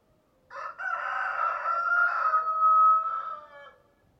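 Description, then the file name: Chicken crow: one long rooster crow lasting over three seconds, hoarse opening syllables then a sustained, slightly falling tone that fades gradually. Rooster (adult male). "Rooster Crowing Sound"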